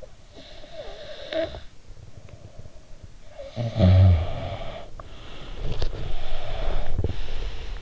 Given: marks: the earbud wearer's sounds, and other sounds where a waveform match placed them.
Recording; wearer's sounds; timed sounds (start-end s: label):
sounds in sleep by an in-ear microphone; snoring breath, breath
0.00-3.02 s: snoring breath
3.35-5.87 s: snoring breath
6.20-7.79 s: breath